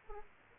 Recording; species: mosquito wingbeat signal from an infrared sensor; Aedes aegypti